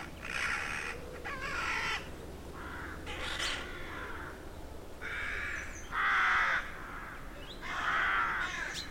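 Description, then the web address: Rook: several rough caws at irregular intervals, with two louder calls late on. Rookery in a derelict abbey; traffic-free background. "Hollywood Edge Historical Series. Rookery In Derelict Abbey"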